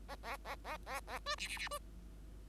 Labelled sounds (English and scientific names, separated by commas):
Bengalese Finch (Lonchura striata domestica) song